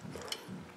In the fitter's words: when you shut the door, obviously all that catches, engages like that.